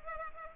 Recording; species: mosquito wingbeat signal from an infrared sensor; Culex pipiens